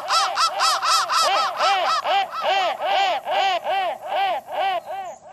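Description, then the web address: Crow calls: a fast run of arched, nasal notes, roughly two per second, with short gaps and a slightly uneven rhythm throughout. "soundfactory crow"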